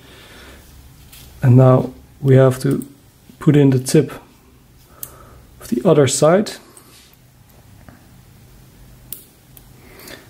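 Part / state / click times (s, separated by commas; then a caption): bracelet spring bar into watch case lug / seated / 9.1 s. Someone talks while pushing the spring bar tip on the end of a Vokstok Sharkmesh Milanese metal mesh bracelet into the lug hole on the other side of the watch case, an Amphibia 420059 or Citizen NY0040. A few small ticks follow the speech. A sharp snap at 9.1 s confirms the spring bar has seated in the lug.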